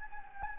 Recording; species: mosquito wingbeat signal from an infrared sensor; Anopheles gambiae